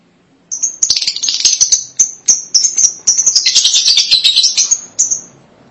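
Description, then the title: Lovebird chattering: rapid, high, shrill chirps building into a dense twittering burst, then trailing off. "BM Suara Burung Lovebird"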